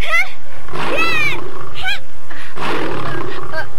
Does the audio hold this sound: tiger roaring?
yes